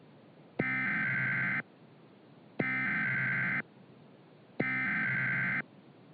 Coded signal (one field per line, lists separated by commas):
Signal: Emergency Alert System (SAME) tones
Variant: header bursts